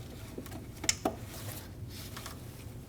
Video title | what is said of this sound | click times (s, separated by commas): How to Replace Intake Manifold 2012-2022 Volkswagen Passat | Listen for that click. | 0.9 s